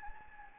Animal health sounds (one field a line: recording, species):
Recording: mosquito wingbeat signal from an infrared sensor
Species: Anopheles gambiae